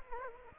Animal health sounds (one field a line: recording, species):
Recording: mosquito wingbeat signal from an infrared sensor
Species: Aedes aegypti